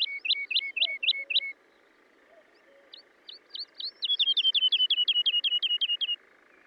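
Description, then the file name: Woodlark song: a short burst of repeated notes, a pause with soft low calls from another bird, then a long fast trill of repeated whistled units. "British Library - ZHavoronok Lesnoj (Zvyki com)"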